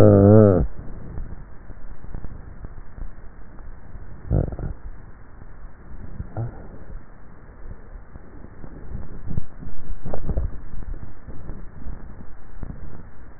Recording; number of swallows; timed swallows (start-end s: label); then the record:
swallowing sounds by neck microphone; 1
10.08-10.95 s: swallow
From the record:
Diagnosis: dysphagia